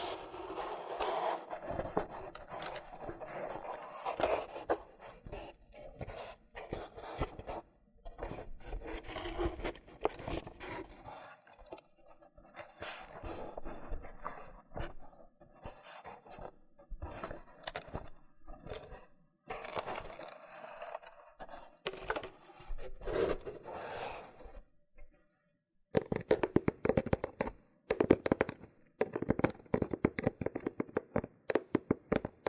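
Loofah triggers: dense bursts of rough scraping and crackly peeling, pausing every few seconds, turning sharper and choppier with quick pops near the end.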